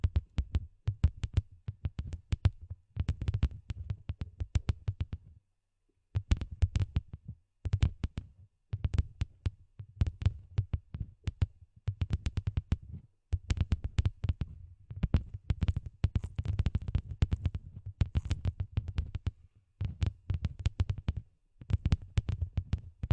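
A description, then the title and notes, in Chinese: Voiceless ear cleaning: dense, rapid scratching clicks over soft low thumps in steady bursts, briefly pausing near 6, 13 and 21 seconds. 无人声采耳助眠。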